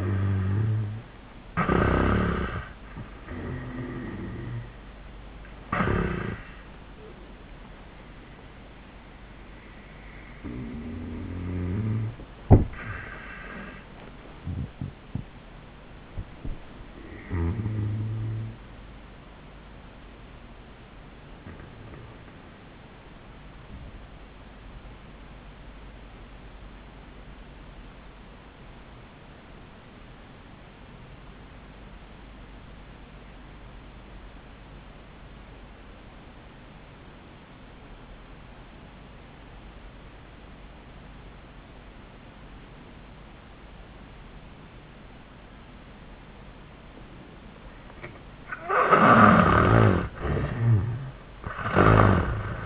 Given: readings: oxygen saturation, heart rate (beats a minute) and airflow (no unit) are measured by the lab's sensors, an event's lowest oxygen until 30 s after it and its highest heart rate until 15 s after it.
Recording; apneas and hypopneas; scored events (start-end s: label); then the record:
breathing in sleep by a voice recorder at the bedside; 1
22.00-48.60 s: obstructive apnea (N1, oxygen 98% highest, then 69% lowest, heart rate 101 at the start, 101 highest)
From the record:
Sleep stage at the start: N1 (lightest sleep); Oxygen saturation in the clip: 72 to 98%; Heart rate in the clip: 66 to 103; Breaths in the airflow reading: 3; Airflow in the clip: -15.2 to 9.5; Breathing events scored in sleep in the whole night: 400 in 8.7 hours asleep